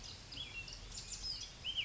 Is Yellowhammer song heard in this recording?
no